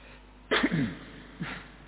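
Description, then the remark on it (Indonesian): An audience member at an Islamic lecture sneezes with a sudden sharp burst that trails off, followed about a second later by a softer, shorter second burst, over a faint steady background hum. “Saudara kita ada di sekitar kita, barakallahu fiikum.”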